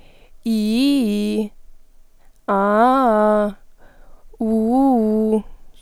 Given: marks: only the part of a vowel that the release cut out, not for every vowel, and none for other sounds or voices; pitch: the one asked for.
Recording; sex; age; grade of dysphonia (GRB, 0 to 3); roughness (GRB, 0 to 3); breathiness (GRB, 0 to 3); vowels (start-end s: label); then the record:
sustained vowels; female; 20 to 29 years; 0; 0; 0
0.53-1.34 s: vowel /i/, low-high-low pitch
2.58-3.35 s: vowel /a/, low-high-low pitch
4.52-5.26 s: vowel /u/, low-high-low pitch
From the record:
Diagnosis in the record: healthy voice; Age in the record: 21 years